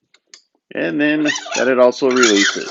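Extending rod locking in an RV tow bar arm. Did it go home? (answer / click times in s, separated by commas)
yes / 0.3 s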